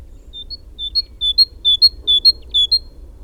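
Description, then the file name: Great tit song of about six repeated two-note phrases, each a pure lower whistle followed by a higher short note, delivered briskly and evenly. "Parus major"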